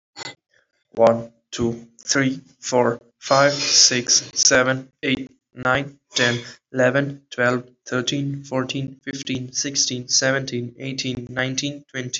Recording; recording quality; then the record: counting at a normal pace; excellent, no background noise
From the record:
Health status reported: healthy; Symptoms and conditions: none ticked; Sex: male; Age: 18 years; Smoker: not ticked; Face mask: not worn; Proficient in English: yes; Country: India